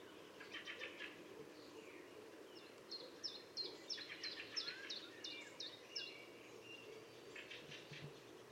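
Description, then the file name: Common starling chattering with clicks, short whistles and rattling bursts, in several loose bouts over low steady background noise. "Storno"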